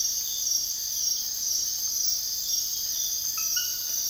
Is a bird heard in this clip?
no